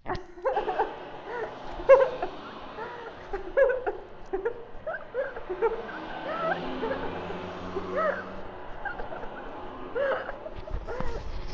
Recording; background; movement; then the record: laughter; traffic; sitting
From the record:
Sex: female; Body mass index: 18.8 kg/m2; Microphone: on the chest, facing the body